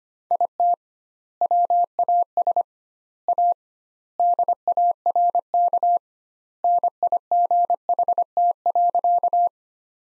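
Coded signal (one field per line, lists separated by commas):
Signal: Morse code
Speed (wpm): 25 wpm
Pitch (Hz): 700 Hz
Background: none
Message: IT WAS A DARK NIGHT.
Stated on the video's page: Morse practice sentences built from the 500 most common words, sent at 25 wpm with double word spacing, a word-level analogue of Farnsworth spacing.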